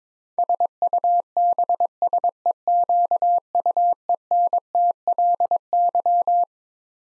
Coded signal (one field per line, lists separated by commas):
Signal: Morse code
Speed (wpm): 22 wpm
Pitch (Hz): 700 Hz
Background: none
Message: SUBSEQUENTLY